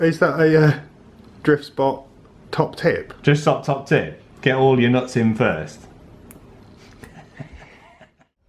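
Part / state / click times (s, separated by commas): spur gear onto an RC car gear mount / seated / 6.3 s, 7.0 s, 7.4 s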